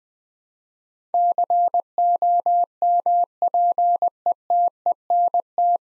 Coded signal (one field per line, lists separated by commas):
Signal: Morse code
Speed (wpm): 20 wpm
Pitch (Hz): 700 Hz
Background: none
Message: COMPETENT